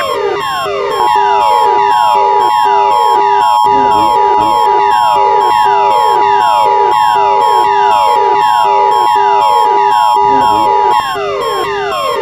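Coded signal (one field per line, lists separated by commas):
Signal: Emergency Alert System (SAME) tones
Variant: 853 and 960 Hz attention tone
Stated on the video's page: Fan-made fictional EAS scenario; the alert is simulated.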